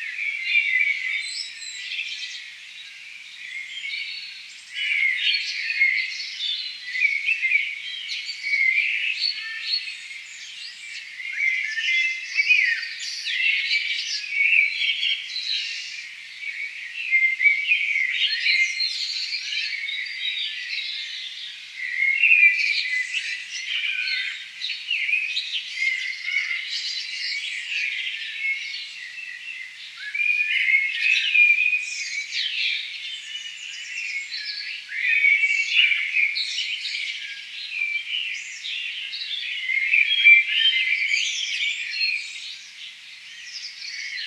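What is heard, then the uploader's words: A dawn chorus of many birds singing at once, with blackbirds, a song thrush, starlings and a wren named among them. Bright, overlapping chirps and whistles fill the whole clip without pause, swelling and easing every few seconds. No low background sound underneath. Dawn Chorus in Clonmel, Tipperary – May 2020. Our home is just on the outskirts of the town, I think you can hear blackbirds, a song thrush, starlings and a wren.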